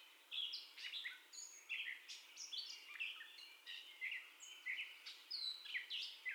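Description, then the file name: Gray catbird singing a varied string of short mewing, squeaky and chattering notes, delivered in a steady rambling flow. First song, 30 May 2021 at 04:48. "2021-05-30 Catbird First Song"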